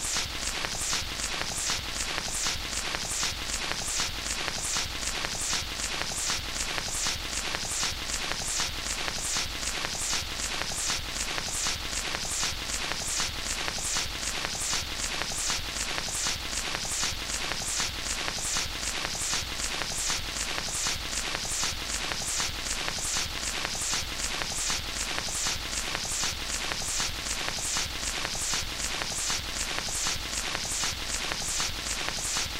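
Static from an old 78 RPM shellac record: a dense, steady hiss mixed with constant crackle and pops. The surface noise swells and fades in a quick, regular rhythm, roughly twice a second, as the disc turns, and never lets up.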